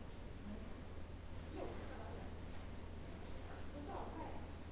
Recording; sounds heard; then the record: poultry house recording; no chicken sound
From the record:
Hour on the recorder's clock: 17